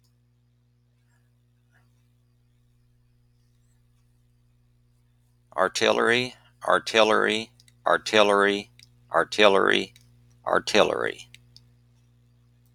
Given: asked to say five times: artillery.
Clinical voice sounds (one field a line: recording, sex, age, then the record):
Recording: repeated word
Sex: male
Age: 50 to 59 years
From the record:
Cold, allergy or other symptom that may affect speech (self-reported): no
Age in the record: 57 years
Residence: Oklahoma, United States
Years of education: 16